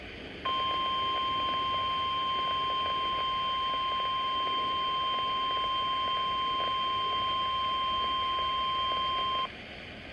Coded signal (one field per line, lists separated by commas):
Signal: Emergency Alert System (SAME) tones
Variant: 1050 Hz attention tone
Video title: 2x EAS Required Weekly Test and Tornado Siren Test NOAA Weather Radio WNG685